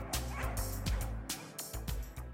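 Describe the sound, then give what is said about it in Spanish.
Several dogs bark and yelp in a rapid, overlapping chorus as a small gunpowder explosion goes off in a fire, loud sharp bursts repeating without pause, with a few high whimpering cries mixed in. “Los clamores perrunos se escucharon casi al mismo tiempo que la pequeña explosión.”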